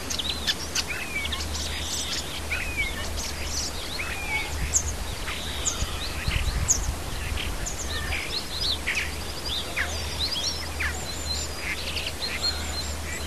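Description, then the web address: Birds: busy, fairly quiet mix of bird calls: twittering, buzzy high phrases and sharp chirps, with a low hum and a brief rumble midway. Native birds in a hedge, recorded in March. "oeko hecke vogel maerz vogel m 3 5 heimisch"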